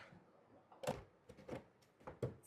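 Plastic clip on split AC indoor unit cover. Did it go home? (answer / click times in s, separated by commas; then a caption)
no / none. Someone fits the last plastic clip, the "button," of a split AC indoor unit cover while fixing a water leakage issue. Short plastic knocks and rattles are heard, loudest near 0.9 s and again around 2.1 to 2.2 s. Nothing has seated or clicked home yet.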